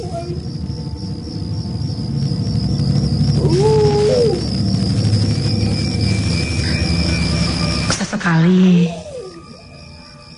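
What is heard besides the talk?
animal howling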